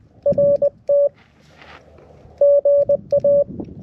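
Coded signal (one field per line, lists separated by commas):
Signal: Morse code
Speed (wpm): 20 wpm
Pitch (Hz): 570 Hz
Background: none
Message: RT GA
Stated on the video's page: QRP CW summit activation on 7.062, 14.0635, 18.0835, 21.061 and 28.0635, vertical antenna, poor sending admitted.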